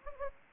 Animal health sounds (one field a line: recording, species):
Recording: mosquito wingbeat signal from an infrared sensor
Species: Anopheles gambiae